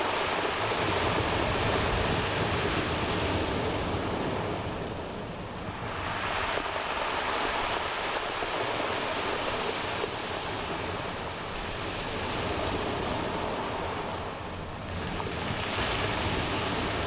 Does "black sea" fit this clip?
yes